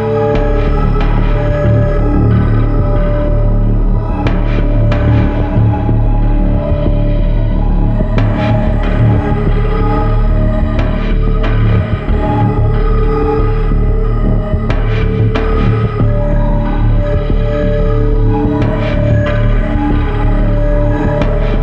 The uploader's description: A strange and windy planet, where danger seems to lurk among the eroded cavernous valleys.